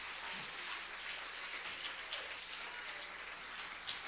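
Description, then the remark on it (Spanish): An audience at a sermon claps for Christ in a dense, steady wash of applause that holds at an even level throughout, with a few sharper claps standing out. No one speaks over it. “Dale un aplauso más fuerte, que es para Cristo.”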